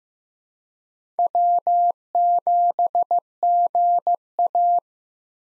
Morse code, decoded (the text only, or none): W7GA